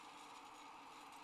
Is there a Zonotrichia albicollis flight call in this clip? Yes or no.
no